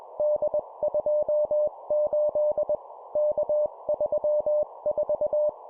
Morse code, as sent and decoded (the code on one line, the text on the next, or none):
-.. ..--- ---.. / -.- ...-- ....-
D28 K34